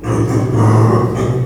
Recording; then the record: squeal of a Yucatan mini pig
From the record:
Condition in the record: before surgery on the right vocal fold (resection and tissue-engineered implant); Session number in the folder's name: 1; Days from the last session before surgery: -3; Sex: male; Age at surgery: 12 weeks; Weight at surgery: 13 kg